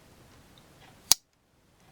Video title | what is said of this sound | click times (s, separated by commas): Queen sawcut bone Barlow | see that snap | 1.1 s